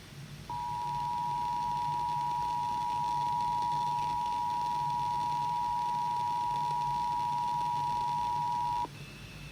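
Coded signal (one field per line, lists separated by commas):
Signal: Emergency Alert System (SAME) tones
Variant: 853 and 960 Hz attention tone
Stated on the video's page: Maryland required monthly test aired overnight.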